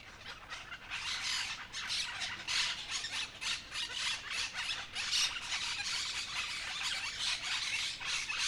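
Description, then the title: Monk parakeets chattering as a flock, dense overlapping harsh squeals and squawks running continuously without pause. Flock noisily chattering for a while in a street in Humanes de Madrid, Madrid, Spain; recorded with a Zoom H1n recorder. "Calle Lavadero, 3, Humanes de Madrid, Madrid, España - Grupo de Cotorras Argentinas"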